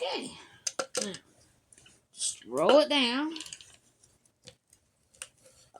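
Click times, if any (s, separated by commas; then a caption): 5.2 s. Someone talks while the adhesive canvas of a diamond painting is rolled down over freshly laid resin drills, with soft scattered ticks in between. A previously lifted resin drill is pressed back into its square on the adhesive canvas and pops into place with a sharp click at 5.2 s, seating it.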